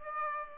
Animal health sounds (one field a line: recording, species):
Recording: mosquito wingbeat signal from an infrared sensor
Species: Aedes aegypti